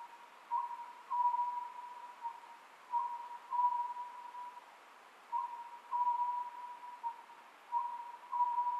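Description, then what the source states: Oriental scops owl calling with repeated phrases of short tonal notes about every two and a half seconds over a quiet steady hiss. Recorded 27 May 2010 at 23:35.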